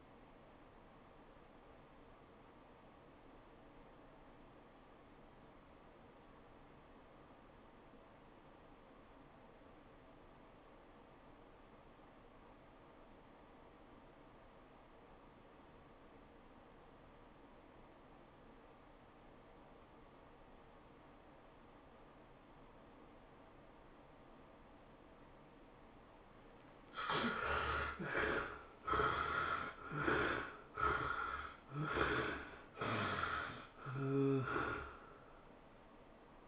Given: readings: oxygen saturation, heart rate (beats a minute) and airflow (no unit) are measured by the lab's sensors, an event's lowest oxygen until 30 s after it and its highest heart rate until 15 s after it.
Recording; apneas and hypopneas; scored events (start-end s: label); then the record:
breathing in sleep by a voice recorder at the bedside; 1
5.00-28.40 s: obstructive apnea (REM, oxygen 94% highest, then 58% lowest, heart rate 100 at the start, 114 highest)
From the record:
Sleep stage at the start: REM sleep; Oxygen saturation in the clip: 63 to 95%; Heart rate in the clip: 69 to 114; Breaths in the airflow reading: 4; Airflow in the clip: -17.7 to 14.9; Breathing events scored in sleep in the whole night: 403 in 5.5 hours asleep